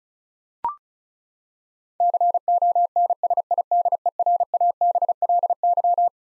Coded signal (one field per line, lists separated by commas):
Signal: Morse code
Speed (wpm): 36 wpm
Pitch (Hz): 700 Hz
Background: none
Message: CONSIDERABLY